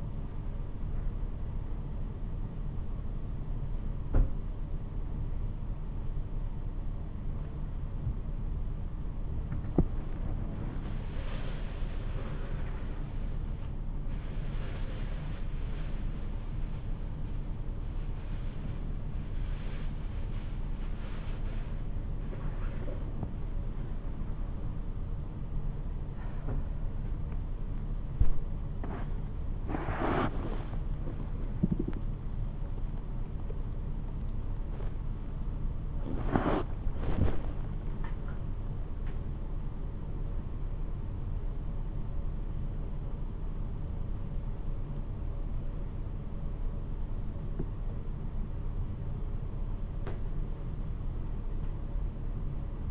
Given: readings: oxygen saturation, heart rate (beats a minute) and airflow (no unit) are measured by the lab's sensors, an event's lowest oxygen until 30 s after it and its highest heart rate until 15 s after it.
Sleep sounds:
a person awake in a sleep study, by a smartphone at the bedside; none
0.00-52.91 s: awake
From the record:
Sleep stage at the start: awake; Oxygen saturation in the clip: 94 to 98%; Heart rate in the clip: 89 to 107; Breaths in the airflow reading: 12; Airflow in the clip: -7.7 to 10.9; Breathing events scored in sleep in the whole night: 228 in 5.4 hours asleep

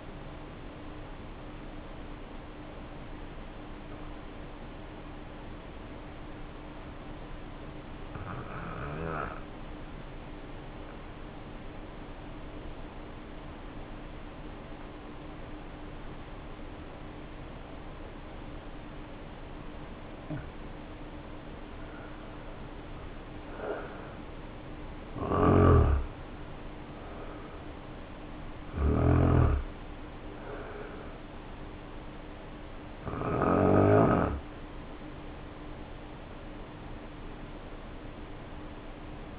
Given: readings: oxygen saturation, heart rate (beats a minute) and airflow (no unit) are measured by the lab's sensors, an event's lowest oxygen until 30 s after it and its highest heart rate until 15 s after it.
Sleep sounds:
breathing in sleep by a voice recorder at the bedside; 1
3.00-26.10 s: obstructive apnea (N2, oxygen 94% highest, then 79% lowest, heart rate 51 at the start, 70 highest)
From the record:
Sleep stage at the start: N2 (light sleep); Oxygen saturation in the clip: 78 to 94%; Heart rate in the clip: 49 to 70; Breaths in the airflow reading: 3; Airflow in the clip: -5.9 to 5.7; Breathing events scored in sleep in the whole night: 520 in 7.2 hours asleep

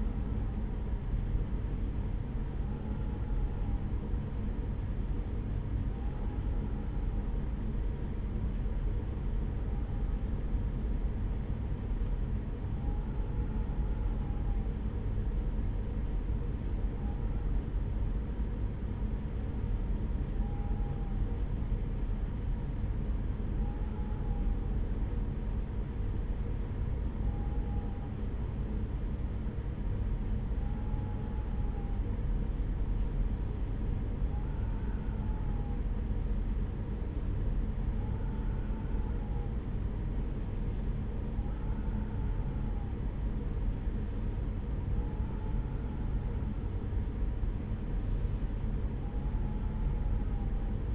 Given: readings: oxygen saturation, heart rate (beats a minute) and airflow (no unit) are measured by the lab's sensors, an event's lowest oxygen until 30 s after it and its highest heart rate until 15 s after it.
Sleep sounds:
a person awake in a sleep study, by a smartphone at the bedside; none
0.00-50.95 s: awake
From the record:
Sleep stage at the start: awake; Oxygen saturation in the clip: 94 to 96%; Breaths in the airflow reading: 14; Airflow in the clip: -3.6 to 4.9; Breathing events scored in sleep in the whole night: 335 in 6.7 hours asleep

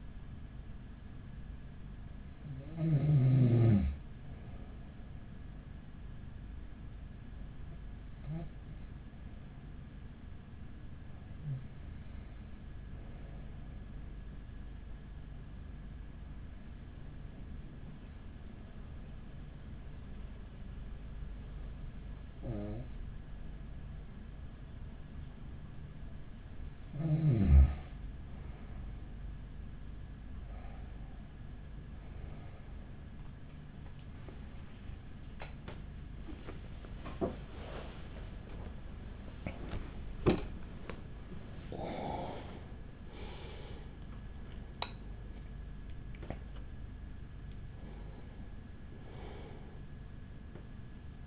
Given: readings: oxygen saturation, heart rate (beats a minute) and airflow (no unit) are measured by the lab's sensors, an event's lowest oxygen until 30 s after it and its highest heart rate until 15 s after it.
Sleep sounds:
breathing in sleep by a smartphone at the bedside; 1
15.00-31.70 s: hypopnea (N2, oxygen 96% highest, then 93% lowest, heart rate 45 at the start, 75 highest)
32.00-51.27 s: new sleep stage, N1 (lightest sleep)
From the record:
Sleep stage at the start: N2 (light sleep); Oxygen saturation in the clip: 93 to 96%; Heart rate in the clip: 39 to 78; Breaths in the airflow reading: 10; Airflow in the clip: -7.6 to 10.4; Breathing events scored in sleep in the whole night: 207 in 7.6 hours asleep

